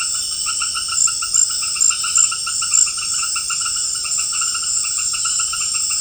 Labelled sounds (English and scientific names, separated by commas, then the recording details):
none
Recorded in pastures near Puerto Asís, Putumayo, Colombia, on 12 March 2025 at 18:30
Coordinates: 0.502, -76.324
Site GP07